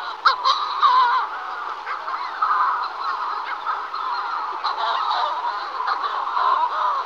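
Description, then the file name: Manx shearwater calls in a dense, continuous stretch of harsh, throaty cackling, with a few sharper accents near the start and around five seconds. "Burnak severni Puffinus puffinus"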